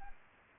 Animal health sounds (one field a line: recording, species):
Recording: mosquito wingbeat signal from an infrared sensor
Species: Aedes albopictus